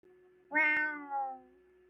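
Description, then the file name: Cat giving a single drawn-out meow with a softer second swell at the end; a faint steady hum underneath. "kot myaukaet"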